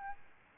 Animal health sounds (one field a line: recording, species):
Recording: mosquito wingbeat signal from an infrared sensor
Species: Aedes albopictus